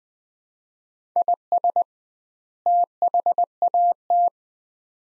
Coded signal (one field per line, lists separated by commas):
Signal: Morse code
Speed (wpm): 20 wpm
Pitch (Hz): 700 Hz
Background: none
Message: IS THAT